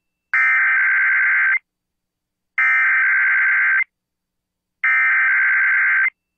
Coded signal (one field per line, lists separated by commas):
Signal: Emergency Alert System (SAME) tones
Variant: header bursts